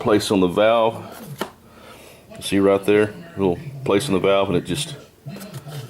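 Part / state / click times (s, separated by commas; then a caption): valve spring keeper into valve stem groove on a cylinder head / not seated / none. A steel valve lock (keeper) is being handled at the groove on the valve stem of a cylinder head, under the spring retainer, while a valve spring compressor holds the spring down. Someone talks throughout, and there is a brief sharp sound at about 1.4 s. Nothing has seated or clicked yet.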